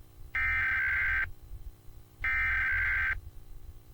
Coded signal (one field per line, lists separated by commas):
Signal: Emergency Alert System (SAME) tones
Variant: header bursts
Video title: NATIONAL EAS TEST OCTOBER 4 2023 AS SEEN AND HEARD IN LAREDO, TX + ALERT IN SPANISH (EAS #99-107)